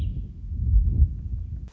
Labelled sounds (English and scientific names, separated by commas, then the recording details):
American Robin (Turdus migratorius)
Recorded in Sonoma County, California